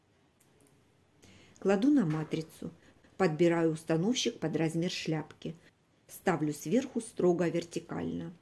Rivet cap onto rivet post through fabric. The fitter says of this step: Одеваю на нее шляпку и придавливаю до щелчка.